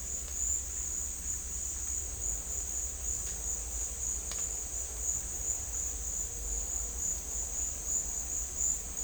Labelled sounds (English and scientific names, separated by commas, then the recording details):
none
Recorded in dense forest near Puerto Asís, Putumayo, Colombia, on 21 December 2024 at 15:30
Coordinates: 0.467, -76.328
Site GP05